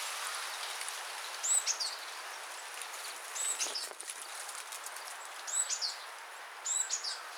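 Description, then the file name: Great tit song phrases: high, sharp note groups given irregularly, four times in the stretch, over patter-like background noise. "Parus major"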